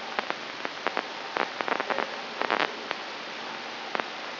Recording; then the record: brain microelectrode recording played as sound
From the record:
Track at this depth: inside the subthalamic nucleus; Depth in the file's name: 3.741 mm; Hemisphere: right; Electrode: 3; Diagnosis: Parkinson's disease